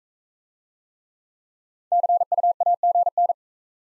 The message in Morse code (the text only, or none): CUAGN